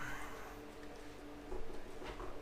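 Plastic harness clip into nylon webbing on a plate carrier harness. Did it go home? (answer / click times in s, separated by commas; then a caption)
no / none. A plastic clip on a Crye Precision AVS plate-carrier harness is worked through tight nylon webbing, giving soft rustling and handling noise over a steady low hum, with somewhat louder fabric and plastic movement from about 1.5 s. Nothing has seated or clicked yet.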